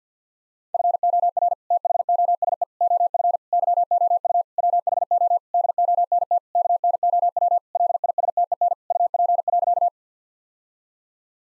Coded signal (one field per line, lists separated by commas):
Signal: Morse code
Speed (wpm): 50 wpm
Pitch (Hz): 700 Hz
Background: none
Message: FOR THOSE OF YOU WHO DONT KNOW LISTEN UP.